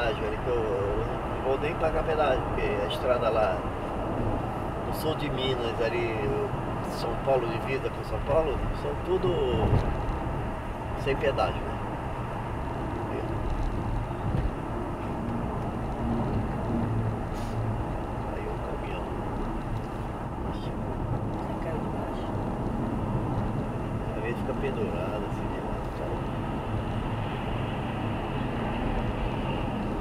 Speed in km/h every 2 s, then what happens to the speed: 110, 109, 105, 102, 101, 97, 89, 84, 85, 83, 81, 82, 84, 84, 87.
0-14 slows to 84. 14-21 steady at about 83. 21-30 speeds up to 87.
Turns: none.